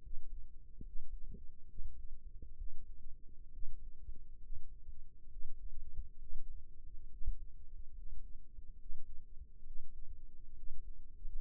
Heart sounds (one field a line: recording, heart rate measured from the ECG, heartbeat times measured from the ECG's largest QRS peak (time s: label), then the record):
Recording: heart sounds by microphone in the right ear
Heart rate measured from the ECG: 69 bpm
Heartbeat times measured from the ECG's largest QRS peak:
0.00 s: heartbeat
0.82 s: heartbeat
1.66 s: heartbeat
2.55 s: heartbeat
3.50 s: heartbeat
4.39 s: heartbeat
5.28 s: heartbeat
6.17 s: heartbeat
7.08 s: heartbeat
7.92 s: heartbeat
8.77 s: heartbeat
9.63 s: heartbeat
10.54 s: heartbeat
11.38 s: heartbeat
From the record:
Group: healthy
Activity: rest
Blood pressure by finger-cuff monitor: 78/53 mmHg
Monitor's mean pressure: 61 mmHg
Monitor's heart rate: 71 bpm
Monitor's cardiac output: 6 L/min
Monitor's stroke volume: 85 mL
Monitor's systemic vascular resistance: 740 dyn s/cm5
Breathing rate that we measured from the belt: 17 breaths a minute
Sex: male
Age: 22 years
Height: 181 cm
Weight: 79 kg